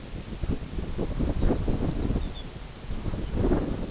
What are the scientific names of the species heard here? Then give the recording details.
Calcarius lapponicus. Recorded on Arctic tundra, site NAIT-1, on 22 June 2018. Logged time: 13:00